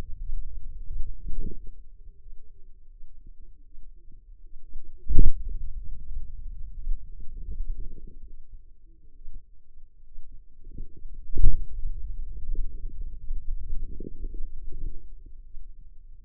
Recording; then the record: forearm muscle sounds (acoustic myography)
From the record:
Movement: hand closing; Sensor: system 2, bracelet of six BSWA MPA416 microphones around the upper forearm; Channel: 2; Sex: female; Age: 25 years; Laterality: right